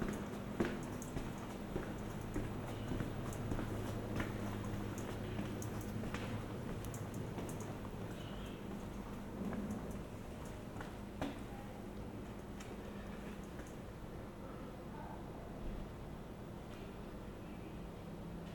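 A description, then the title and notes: A walk through a town, with a dense, steady low rumble and hum underneath, like an engine or machinery. Scattered clicks and knocks rise above it throughout, with a few sharper bangs early on, and faint voices now and then. Walking through Piran, Slovenia. Recorded with binaural microphones Roland CS10EM, on my head, with a Zoom H1n.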